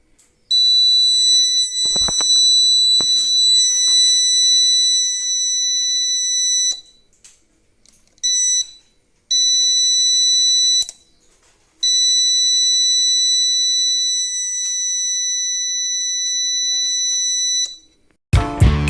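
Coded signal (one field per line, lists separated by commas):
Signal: alarm pattern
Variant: UPS overload alarm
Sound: shrill steady 2 kHz beeping in long stretches with brief breaks, then a clatter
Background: handling noise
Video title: UPS SHOWS OVERLOAD CONTINUOUSLY|| CONTINUOUS BEEP SOUND || EASY FIX || FUSE BLOWN INSIDE TRANSFORMER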